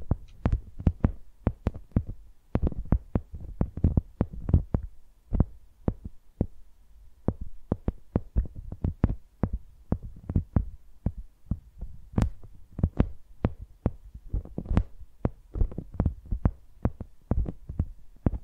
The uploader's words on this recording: Using Mics as Pencils (No Talking).